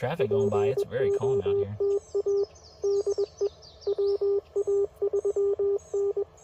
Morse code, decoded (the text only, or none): POTA DE WA3N